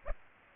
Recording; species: mosquito wingbeat signal from an infrared sensor; Aedes aegypti